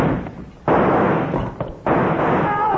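A gun fired by yanking a rawhide cord looped around its trigger: a sudden loud blast of harsh noise, followed by a second sharp burst that rings on and trails off. No voices.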